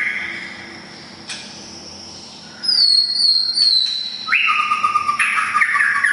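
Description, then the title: Oriental magpie-robin: quiet at first, then a pure high whistle falling slightly, followed by a loud burst of rising and held whistled notes. "kacer"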